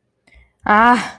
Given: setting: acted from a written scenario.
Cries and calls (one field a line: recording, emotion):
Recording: vocal sound without words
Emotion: anger